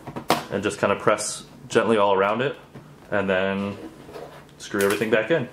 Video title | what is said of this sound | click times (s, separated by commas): How to install RAM Dell Inspiron 15 7000(7579) 2-in-1 laptop | uh the shell itself is it goes on you'll hear a little click | 0.3 s